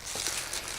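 A plastic cover, still in its packaging, is lined up on an LED light pod of a KC Pro6 LED light bar and pressed on, with faint crinkling throughout. A sharp snap at 0.3 s marks the cover seating securely on the pod.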